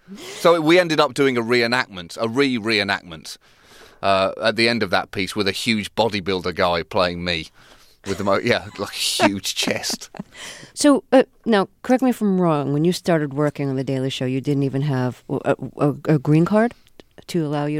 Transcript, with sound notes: So, we ended up doing a reenactment, a re-reenactment at the end of that piece with a huge bodybuilder guy playing me with a more - yeah, like a huge chest.
(LAUGHTER) So, now correct me if I'm wrong; when you started working on "The Daily Show," you didn't even have a green card to allow you...